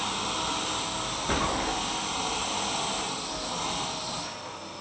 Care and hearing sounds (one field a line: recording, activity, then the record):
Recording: daily activity, microphone in the room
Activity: vacuum cleaning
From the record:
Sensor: 1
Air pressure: 999.3 hPa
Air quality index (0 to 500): 206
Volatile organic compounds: 48 ppm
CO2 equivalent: 3262 ppm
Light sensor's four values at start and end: 9/21/8/9 and 9/21/8/9